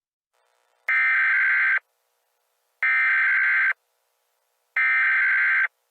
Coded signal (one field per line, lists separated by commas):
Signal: Emergency Alert System (SAME) tones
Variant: header bursts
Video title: Annexed: An EAS Scenario